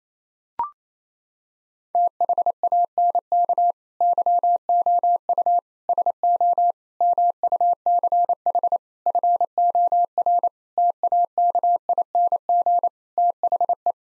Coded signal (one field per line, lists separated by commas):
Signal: Morse code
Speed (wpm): 28 wpm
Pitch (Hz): 700 Hz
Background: none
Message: THANK YOU SO MUCH FOR TAKING THE